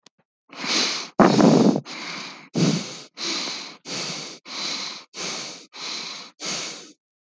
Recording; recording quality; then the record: shallow breathing; excellent, no background noise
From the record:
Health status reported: healthy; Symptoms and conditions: none ticked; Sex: male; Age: 25 years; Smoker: not ticked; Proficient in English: yes